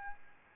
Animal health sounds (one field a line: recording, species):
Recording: mosquito wingbeat signal from an infrared sensor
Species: Aedes albopictus